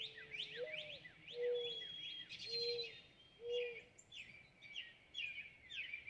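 Northern cardinal song: a steady series of slurred whistled notes, with a few low hollow coos from another bird.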